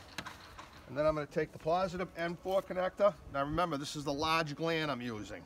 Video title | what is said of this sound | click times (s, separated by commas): SST Training - Tesla Mod and Optimizer Rework | m4 connector push it until it clicks and | 0.2 s